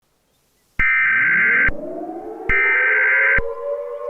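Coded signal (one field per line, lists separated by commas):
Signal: Emergency Alert System (SAME) tones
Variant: header bursts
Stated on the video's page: Fictional EAS scenario about a nuclear attack, simulated.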